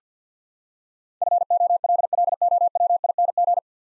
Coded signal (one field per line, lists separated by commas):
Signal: Morse code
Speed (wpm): 50 wpm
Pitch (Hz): 700 Hz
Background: none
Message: FOLLOWING